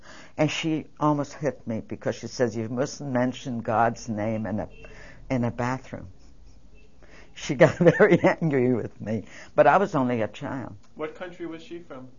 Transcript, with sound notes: And she almost hit me, because she says, "You mustn't mention God's name in a, in a bathroom." She got very angry with me. (She laughs.) But I was only a child.
What country was she from?